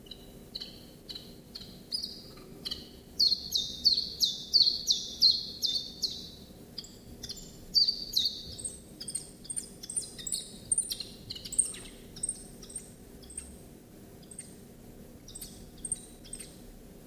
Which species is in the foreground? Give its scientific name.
Phylloscopus collybita